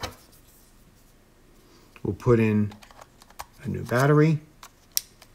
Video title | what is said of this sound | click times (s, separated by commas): Cool Camera Rigs & Tips for YouTube - Behind the scenes! - + Sony ZV-1... BEST camera for video? | clicks into place close the door do the latch and | 5.0 s